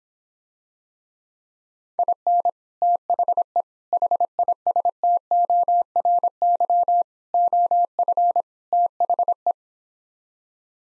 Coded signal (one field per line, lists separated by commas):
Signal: Morse code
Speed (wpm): 26 wpm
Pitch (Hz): 700 Hz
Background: none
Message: IN THE HISTORY OF THE